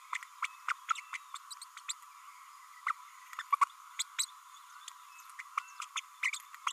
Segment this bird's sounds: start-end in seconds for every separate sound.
0.13-0.18, 0.42-0.47, 0.68-0.73, 1.12-1.17, 1.35-1.38, 1.61-1.64, 1.88-1.93, 2.86-2.92, 3.38-3.42, 3.52-3.55, 3.99-4.03, 4.18-4.25, 5.57-5.60, 5.81-5.85, 5.95-6.00, 6.22-6.31, 6.67-6.72